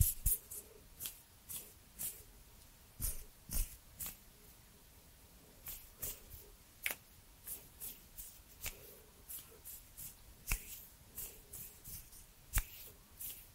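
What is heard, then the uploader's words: Hand sounds and movements: short, crisp taps and scratchy brushes arrive irregularly about once a second over a quiet, faintly hissing background. Cozy hand sounds and movements.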